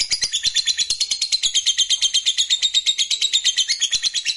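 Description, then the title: Lovebird chattering song, shrill and buzzy, delivered as an unbroken, fast, pulsing stream of high notes. Fighter-type lovebird singing energetically (gacor). "Berkat SUARA Lovebird FIGHTER GACOR Ini"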